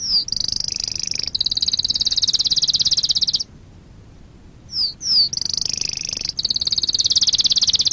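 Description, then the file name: Canary song of long, rapid high trills, broken by a brief silence, then short swooping notes before the sustained trill resumes. Long-duration song style (durasi panjang). "kenari durasi panjang"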